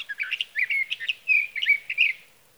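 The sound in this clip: Sage thrasher singing a rushed, bubbling warble of whistled and slurred notes that runs on for about two seconds and then stops.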